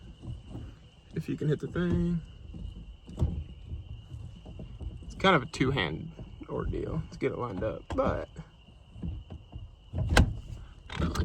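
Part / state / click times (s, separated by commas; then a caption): removable steering wheel onto quick-release hub on steering column / seated / 10.2 s. A removable steering wheel is lined up on its quick-release hub on the steering column with both hands and pushed on while someone talks. The metal latch engages with a sharp snap at 10.2 seconds, and the wheel is seated.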